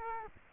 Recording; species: mosquito wingbeat signal from an infrared sensor; Culex quinquefasciatus